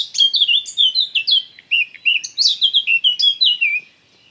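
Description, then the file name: Eurasian blackcap song, a rich run of fluting warbled notes sliding between high and mid pitch, delivered as a varied phrase with one brief pause, with no other sounds. "Sylvia atricapilla"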